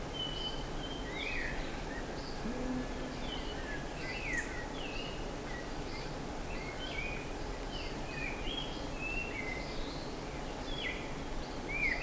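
Birds calling with varied sharp chirps and slurred notes, some rising and some falling, scattered irregularly over a low steady rumble.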